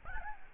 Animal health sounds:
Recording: mosquito wingbeat signal from an infrared sensor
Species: Aedes albopictus

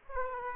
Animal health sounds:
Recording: mosquito wingbeat signal from an infrared sensor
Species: Aedes aegypti

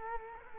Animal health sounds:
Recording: mosquito wingbeat signal from an infrared sensor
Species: Culex quinquefasciatus

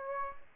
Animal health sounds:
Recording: mosquito wingbeat signal from an infrared sensor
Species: Aedes aegypti

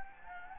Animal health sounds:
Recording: mosquito wingbeat signal from an infrared sensor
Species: Anopheles gambiae

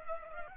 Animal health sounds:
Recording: mosquito wingbeat signal from an infrared sensor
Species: Culex pipiens

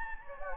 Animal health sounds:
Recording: mosquito wingbeat signal from an infrared sensor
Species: Anopheles gambiae

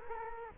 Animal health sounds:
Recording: mosquito wingbeat signal from an infrared sensor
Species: Culex quinquefasciatus

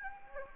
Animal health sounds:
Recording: mosquito wingbeat signal from an infrared sensor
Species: Anopheles gambiae

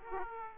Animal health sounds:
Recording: mosquito wingbeat signal from an infrared sensor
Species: Aedes aegypti

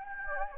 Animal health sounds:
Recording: mosquito wingbeat signal from an infrared sensor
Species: Anopheles gambiae

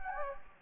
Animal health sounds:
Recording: mosquito wingbeat signal from an infrared sensor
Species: Anopheles gambiae

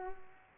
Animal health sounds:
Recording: mosquito wingbeat signal from an infrared sensor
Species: Culex pipiens

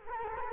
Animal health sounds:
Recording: mosquito wingbeat signal from an infrared sensor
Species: Culex quinquefasciatus

